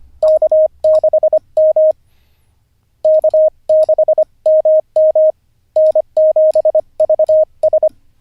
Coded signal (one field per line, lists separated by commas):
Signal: Morse code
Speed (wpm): 25 wpm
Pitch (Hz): 620 Hz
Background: none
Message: K6M K6MM N7VS